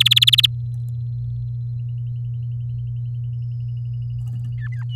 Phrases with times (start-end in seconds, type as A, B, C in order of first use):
0.00-0.46 A